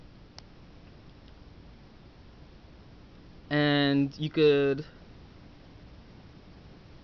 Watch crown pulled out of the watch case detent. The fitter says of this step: so setting the time is really that easy to set the alarm you pull it two clicks out